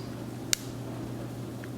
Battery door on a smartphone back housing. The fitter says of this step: just kind of clicks into place